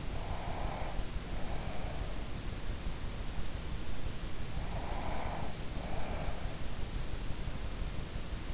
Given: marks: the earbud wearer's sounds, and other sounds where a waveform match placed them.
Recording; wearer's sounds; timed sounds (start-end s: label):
sounds in sleep by an in-ear microphone; breath
0.00-2.47 s: breath
4.53-6.97 s: breath